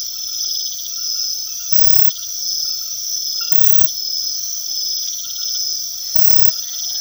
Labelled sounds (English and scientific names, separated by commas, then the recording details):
none
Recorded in secondary vegetation near Puerto Asís, Putumayo, Colombia, on 19 February 2024 at 00:30
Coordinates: 0.500, -76.326
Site G6428